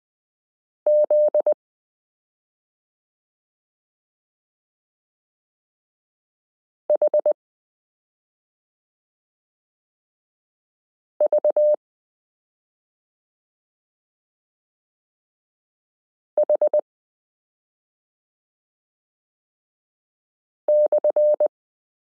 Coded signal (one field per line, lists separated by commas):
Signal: Morse code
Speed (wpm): 20 wpm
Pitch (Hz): 600 Hz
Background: none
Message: ZHVH/